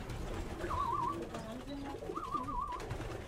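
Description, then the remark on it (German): Pigeons cooing in a loft: two rolling, warbling coos rise over a steady murmur of lower, throaty calls, with no talking. “Die Pflege der Tauben beginnt also schon morgens, meistens um 6, 7 Uhr. Da werden erstmal die Schläge gereinigt.”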